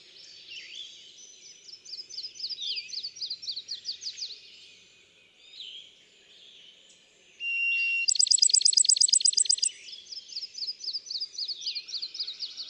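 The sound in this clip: Bachman's sparrow song: a clear, long whistled note, then a bright, rapid, even trill, with softer chirping before and after.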